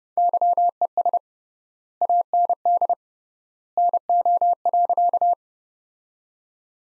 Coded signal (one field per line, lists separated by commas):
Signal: Morse code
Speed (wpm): 31 wpm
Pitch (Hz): 700 Hz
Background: none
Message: YES AND NO.